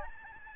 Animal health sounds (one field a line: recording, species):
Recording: mosquito wingbeat signal from an infrared sensor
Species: Aedes albopictus